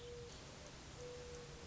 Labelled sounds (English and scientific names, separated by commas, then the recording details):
Mourning Dove (Zenaida macroura)
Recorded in Sonoma County, California